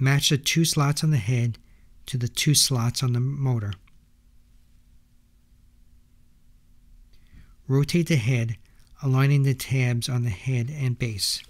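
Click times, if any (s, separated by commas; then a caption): none. Someone talks while the two slots on the pump head of a New Era PeriPump NE-9000 peristaltic pump are matched to the two slots on the motor base and rotated into alignment before being pressed home. Only faint handling sounds are heard around 7.1 and 7.3 seconds during a pause in the talking. Nothing has seated or clicked yet.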